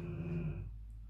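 A soft, low, rumbling growl lasts about half a second, then fades into quiet room noise. A sleeping dog is growling while dreaming, as if fighting in its dream, a normal sleep behaviour.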